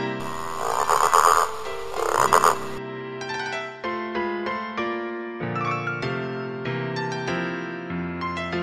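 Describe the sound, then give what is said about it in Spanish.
Two rough, raspy frog croaks sound over a noisy rumble in the first few seconds, introducing the tale El Rey Rana (The Frog King), then give way to a steady melodic tune of sustained tones. “El Rey Rana.”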